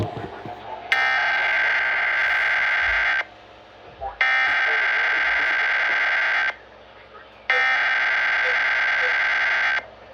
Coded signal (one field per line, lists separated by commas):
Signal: Emergency Alert System (SAME) tones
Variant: header bursts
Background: speech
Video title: [FOUND SAFE] WV AMBER Alert on 9 stations (12/16/24) EAS 2686-2694